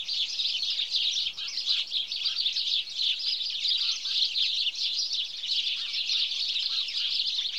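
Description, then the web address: Flock of house sparrows keeping up a constant chatter, many short high chirps overlapping into a continuous bright twittering wall of sound. "BBC Sound Effects Library. House Sparrow (Passer Domesticus)"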